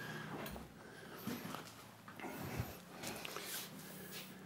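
A refrigerator door panel is slid up and wiggled to engage its mounting brackets on the refrigerator door, giving a series of rustling scrapes and short knocks. The brackets fail to engage, so the panel is not on and nothing has seated or clicked yet.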